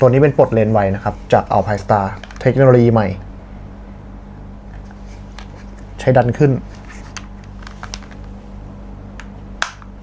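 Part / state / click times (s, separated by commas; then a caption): lens release lever on a goggle frame / seated / 9.6 s. Someone talks while pushing the plastic quick-release lens lever on the side of an Alpinestars Supertech Vision Vista motocross goggle frame upward. A few faint handling clicks and taps follow, then the lever snaps sharply into its locked position at 9.6 s, seating the lens release.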